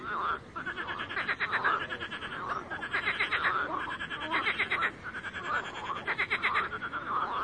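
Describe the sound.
Frogs croak almost continuously, rapid pulsed rattles overlapping from several callers with hardly any pause.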